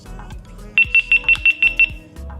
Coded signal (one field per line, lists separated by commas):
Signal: none